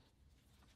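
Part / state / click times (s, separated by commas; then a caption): oil cooler line into oil cooler thermostat / not seated / none. Oil cooler lines fitted with new O-rings are handled and pushed toward the oil cooler thermostat housing during a Mosselman oil thermostat upgrade on an N55/N54/S55 engine. Only a low, steady handling rumble is heard, with no distinct impacts. Nothing has seated or clicked into place yet.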